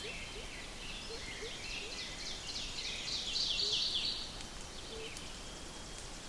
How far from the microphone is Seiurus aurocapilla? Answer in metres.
about 50 m